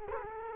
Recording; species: mosquito wingbeat signal from an infrared sensor; Culex quinquefasciatus